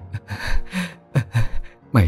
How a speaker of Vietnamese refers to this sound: Bà cả như vừa thoát khỏi bàn tay của tử thần, thở lên hồng hộc